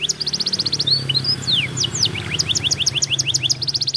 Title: Canto Para Esquentar Canário Belga. Kenari AF gacor panjang untuk masteran, Kenari muda cepat gacor ngerol panjang